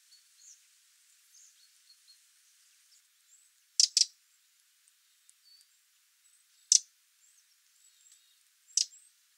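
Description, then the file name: Eurasian wren making sharp clicking calls, a quick double tick followed by two single ticks spaced a few seconds apart, with faint thin bird notes behind. "Troglodytes troglodytes"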